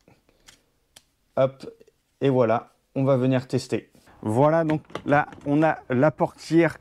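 A metal emergency key blade is pushed back into a Volvo hands-free car key fob and clicks home at 1.0 s, seating fully, after a few faint ticks. Someone then talks for the rest of the clip.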